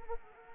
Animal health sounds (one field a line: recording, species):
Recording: mosquito wingbeat signal from an infrared sensor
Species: Anopheles arabiensis